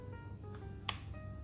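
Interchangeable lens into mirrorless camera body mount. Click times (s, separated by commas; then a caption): 0.9 s. An interchangeable lens is twisted onto the bayonet mount of a Sony a6400 mirrorless camera body and locks with one sharp, bright click at 0.9 s, over soft background music. The click means the lens is seated and ready to use.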